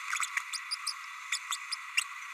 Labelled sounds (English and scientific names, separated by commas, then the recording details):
Green-rumped Parrotlet (Forpus passerinus) babbling
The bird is a male
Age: 30 days
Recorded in a nest box in Venezuela
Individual 17B32A6